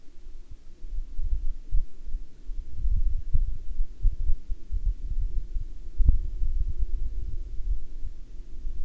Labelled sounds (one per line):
wind
aircraft